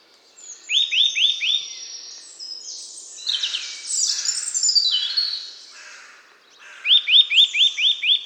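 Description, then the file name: Eurasian nuthatch giving short series of rising whistled notes, four quick notes early and several more near the end, with other high, thin bird calls filling the middle. "Sitta europaea"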